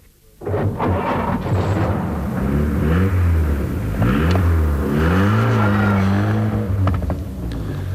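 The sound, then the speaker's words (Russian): A car engine starts up loud and revs repeatedly, its pitch rising and falling in surges before settling into a steady drone as the vehicle pulls away. “На машине мигом, а тебе 3 километра по грязи шагать ночью.”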